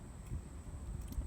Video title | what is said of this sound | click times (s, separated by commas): Ford headlight plug change | it pops into place and now we've got a brand new plug | 1.1 s